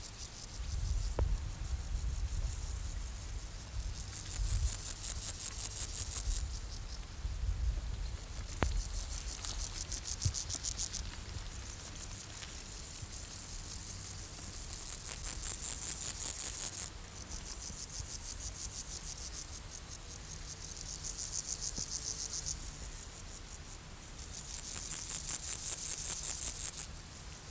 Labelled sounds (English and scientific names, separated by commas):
Meadow Grasshopper (Chorthippus parallelus) stridulation